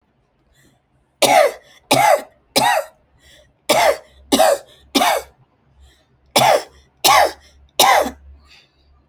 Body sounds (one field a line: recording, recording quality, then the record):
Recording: heavy voluntary cough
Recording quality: excellent, no background noise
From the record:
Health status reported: respiratory illness, not identified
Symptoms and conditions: asthma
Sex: female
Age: 69 years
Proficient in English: yes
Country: India